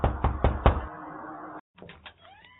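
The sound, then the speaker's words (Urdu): Four loud, evenly spaced knocks rap on a house door at night, on the eve of Eid, in quick succession, then fade into a short silence followed by faint, indistinct rustling. “ابھی رات کی چند گھڑیاں گزری ہوں گی کہ کسی نے دروازے پر دستک دی.”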